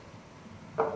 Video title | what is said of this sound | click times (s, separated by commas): How to use an AR15 Lower Vise Block | depress the mag release and it's unlocked. | 0.8 s